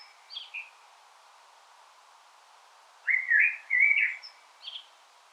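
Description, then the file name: Common blackbird: faint high notes early on, then a clear two-part fluty warble, followed by a soft high note. "Turdus merula"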